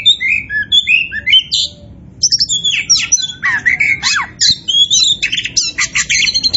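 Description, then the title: Oriental magpie-robin singing a dense, continuous stream of sweeping whistles, harsh notes and rapid chirps, with only one brief pause. Described as gacor, meaning singing actively and continuously. "Kacer Poci Gacor"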